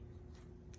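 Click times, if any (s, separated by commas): none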